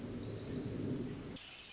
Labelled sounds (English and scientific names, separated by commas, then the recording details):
Pacific Wren (Troglodytes pacificus)
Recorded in Sonoma County, California